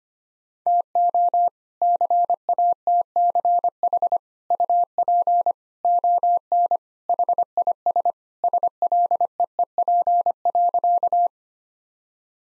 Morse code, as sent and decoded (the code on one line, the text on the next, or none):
- --- / -.-. .- - -.-. .... / ..- .--. / --- -. / .... .. ... / ... .-.. . . .--. .-.-.-
TO CATCH UP ON HIS SLEEP.